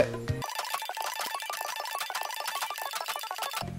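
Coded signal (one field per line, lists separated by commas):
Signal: none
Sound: game sound effect beeps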